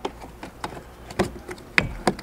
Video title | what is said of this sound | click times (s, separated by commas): Ranger Roof Rack Install | snapped back onto its tabs there the | 1.8 s